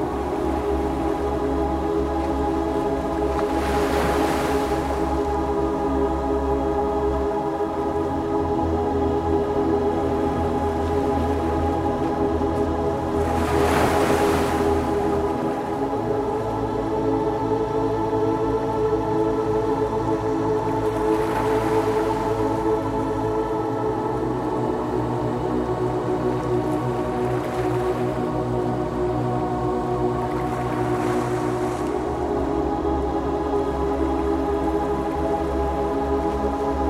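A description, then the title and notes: A gentle, spiritual music track of sustained, layered tones holds steady throughout, with its deep bass note shifting a few times. Soft ocean waves wash through as hissing swells roughly every seven to ten seconds, rising and fading behind the music. Gentle and spiritual music track, set against the sound of gentle ocean waves. Calm Space with Gentle Ocean Waves.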